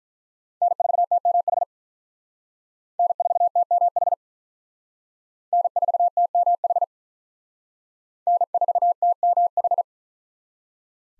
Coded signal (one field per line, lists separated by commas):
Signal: Morse code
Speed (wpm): 43 wpm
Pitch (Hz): 700 Hz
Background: none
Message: N4TMH N4TMH N4TMH N4TMH